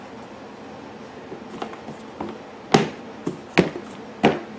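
Three plastic tabs of a cover are slid into their slots in a Predator 3500 generator housing and pressed home while installing an extended run time fuel kit. After a few faint taps, three loud, sharp snaps ring out at 2.7, 3.6 and 4.2 seconds as each tab seats in its slot.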